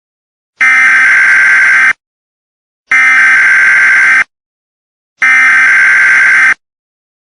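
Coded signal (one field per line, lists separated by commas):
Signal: Emergency Alert System (SAME) tones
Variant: header bursts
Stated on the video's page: Custom-made EAS alert, not a real broadcast.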